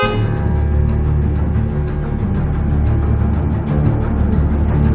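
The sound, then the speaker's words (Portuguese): A police car horn blares in one long, steady, loud honk that holds its buzzing, harmonic tone for the full five seconds, with a rumbling low undertone and no voices. “Estava no corredor de produtos de higiene quando foi surpreendida pelo som da buzina da viatura.”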